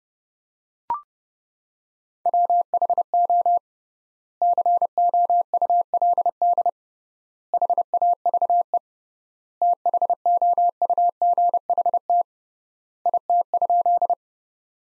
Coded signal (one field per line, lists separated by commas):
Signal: Morse code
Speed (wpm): 30 wpm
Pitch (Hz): 700 Hz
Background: none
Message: WHO COULD HAVE THOUGHT IT?